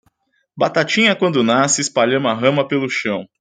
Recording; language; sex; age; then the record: short text; Brazilian Portuguese; male; 30 to 39 years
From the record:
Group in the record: control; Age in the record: 33 years